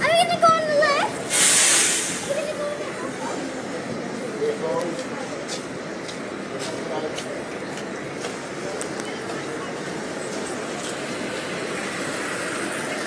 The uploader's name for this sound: queen street Saturday night